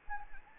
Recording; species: mosquito wingbeat signal from an infrared sensor; Anopheles gambiae